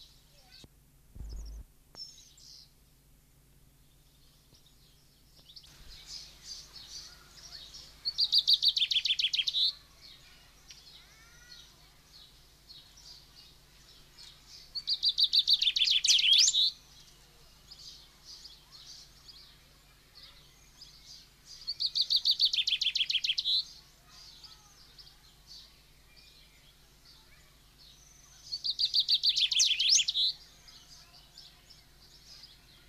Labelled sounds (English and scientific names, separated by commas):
Common Chaffinch (Fringilla coelebs) song